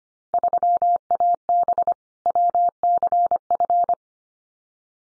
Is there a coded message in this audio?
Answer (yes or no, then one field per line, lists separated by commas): yes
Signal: Morse code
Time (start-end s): 0.3-3.9 s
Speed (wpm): 25 wpm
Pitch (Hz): 700 Hz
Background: none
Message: 3AB WCF